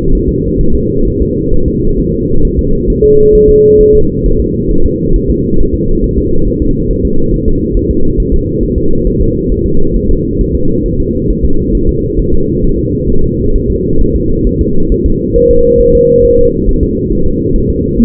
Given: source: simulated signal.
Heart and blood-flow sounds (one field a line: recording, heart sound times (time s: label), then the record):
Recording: fetal heart sounds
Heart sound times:
0.15 s: S1
0.29 s: S2
0.61 s: S1
0.75 s: S2
1.08 s: S1
1.22 s: S2
1.54 s: S1
1.68 s: S2
2.00 s: S1
2.14 s: S2
2.45 s: S1
2.59 s: S2
2.90 s: S1
3.04 s: S2
3.35 s: S1
3.50 s: S2
3.81 s: S1
3.95 s: S2
4.26 s: S1
4.40 s: S2
4.71 s: S1
4.86 s: S2
5.16 s: S1
5.30 s: S2
5.60 s: S1
5.75 s: S2
6.04 s: S1
6.18 s: S2
6.48 s: S1
6.62 s: S2
6.91 s: S1
7.05 s: S2
7.34 s: S1
7.48 s: S2
7.77 s: S1
7.91 s: S2
8.20 s: S1
8.34 s: S2
8.63 s: S1
8.78 s: S2
9.07 s: S1
9.21 s: S2
9.52 s: S1
9.66 s: S2
9.96 s: S1
10.11 s: S2
10.41 s: S1
10.55 s: S2
10.86 s: S1
11.00 s: S2
11.31 s: S1
11.45 s: S2
11.75 s: S1
11.89 s: S2
12.20 s: S1
12.34 s: S2
12.64 s: S1
12.79 s: S2
13.10 s: S1
13.24 s: S2
13.56 s: S1
13.70 s: S2
14.01 s: S1
14.16 s: S2
14.47 s: S1
14.61 s: S2
14.92 s: S1
15.06 s: S2
15.36 s: S1
15.51 s: S2
15.81 s: S1
15.95 s: S2
16.25 s: S1
16.39 s: S2
16.69 s: S1
16.83 s: S2
17.12 s: S1
17.27 s: S2
17.56 s: S1
17.70 s: S2
18.00 s: S1
From the record:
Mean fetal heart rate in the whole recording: 135 bpm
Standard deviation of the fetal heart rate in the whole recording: 3 bpm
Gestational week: 36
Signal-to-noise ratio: -19.1 dB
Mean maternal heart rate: 72 bpm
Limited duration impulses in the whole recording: present